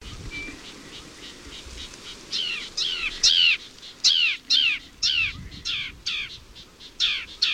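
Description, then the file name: Sedge wren giving harsh, downslurred chattering notes, repeated roughly twice a second and growing louder midway, over a low rumble of background noise. "Cistothorus platensis - Sedge Wren"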